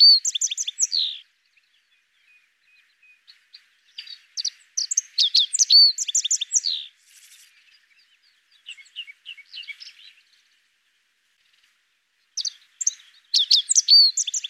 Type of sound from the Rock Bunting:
song